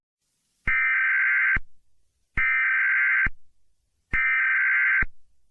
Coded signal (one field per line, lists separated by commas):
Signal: Emergency Alert System (SAME) tones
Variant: header bursts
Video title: EAS Scenario/Mock #10 - Demon’s Fury